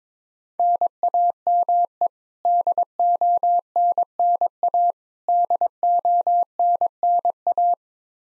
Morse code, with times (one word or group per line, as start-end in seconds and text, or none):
0.6-2.1 NAME
2.5-4.9 DONNA
5.3-7.7 DONNA